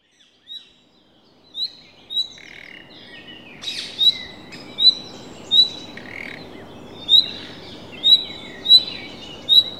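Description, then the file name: Common nightingale uttering a series of thin, high whistles that grow more frequent toward the end, mixed with brief harsher notes and light background noise. "Luscinia megarhynchos"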